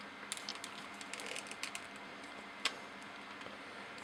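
Plastic flap parts of a FansToys FT-03 Quake Wave transforming robot toy are lined up and pressed together during its transformation, producing a series of small, sharp plastic clicks and taps. The loudest snap, at 2.6 s, is the flap parts locking into place.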